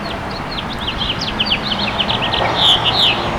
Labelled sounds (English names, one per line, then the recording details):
House Finch song
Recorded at Bay Shore on Long Island, New York, on 29 May 2013
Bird E